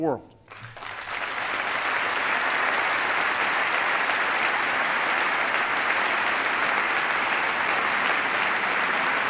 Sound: applause

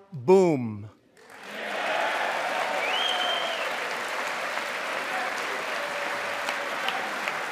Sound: applause

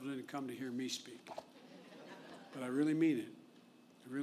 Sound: laughter

